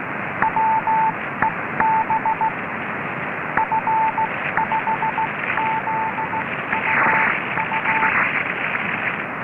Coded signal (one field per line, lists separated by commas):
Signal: Morse code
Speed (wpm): 16 wpm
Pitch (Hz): 880 Hz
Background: radio noise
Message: WEB F5ZUU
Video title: F5ZUU Beacon 28 241,50 MHz